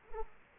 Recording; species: mosquito wingbeat signal from an infrared sensor; Culex quinquefasciatus